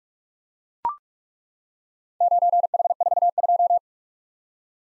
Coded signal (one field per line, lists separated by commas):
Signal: Morse code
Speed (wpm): 43 wpm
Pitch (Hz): 700 Hz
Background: none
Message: 9H42